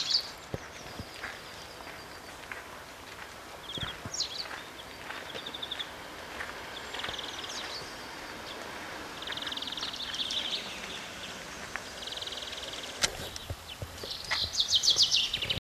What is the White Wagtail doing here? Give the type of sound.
song